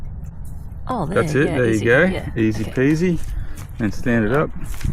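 The folded handlebar stem of a 2025 Kukirin G2 Master e-scooter is being raised upright toward its folding latch while people talk over a faint low rumble. Nothing has seated or clicked yet; the stem is still being handled and not locked in the riding position.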